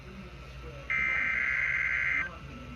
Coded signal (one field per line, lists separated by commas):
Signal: Emergency Alert System (SAME) tones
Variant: header bursts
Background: speech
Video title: Double Header EAS Special Marine Warning And Required Weekly Test On NOAA Weather Radio